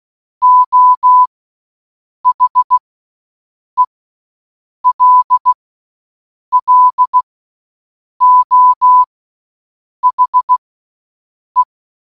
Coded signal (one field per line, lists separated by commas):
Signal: Morse code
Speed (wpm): 16 wpm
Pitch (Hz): 1000 Hz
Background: none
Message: O HELLO HE